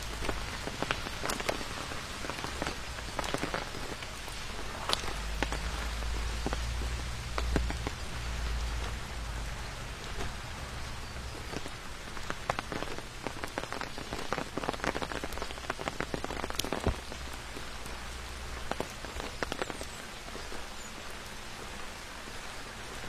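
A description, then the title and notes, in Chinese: Walking along a forest trail in the rain: a steady hiss of rainfall fills the whole clip, with frequent sharp drops and ticks scattered throughout. A low rumble swells between about five and nine seconds, and the level otherwise stays fairly even. 在雨中沿着森林步道漫步。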